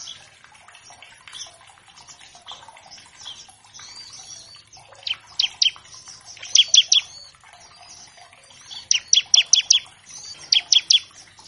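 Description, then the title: Bar-winged Prinia song: quiet chattering first, then loud bursts of three to five piercing high chips in the second half, with faint twittering behind. Master track of an actively singing (gacor) ciblek, used as a lure to train captive birds of all kinds and prompt them to sing quickly. "Masteran Ciblek Gacor Vs Kenari Gacor Untuk Masteran Semua Jenis Burung. Pancingan Ciblek bahan agar cepat bunyi. Burung Ciblek"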